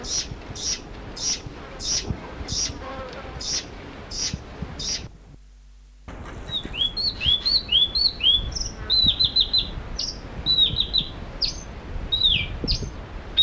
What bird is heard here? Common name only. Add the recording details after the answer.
Capped Wheatear. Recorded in the wild. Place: Farm Bergquell. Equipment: Halbspur, 9,5 cm/s. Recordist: Lütgens, Hans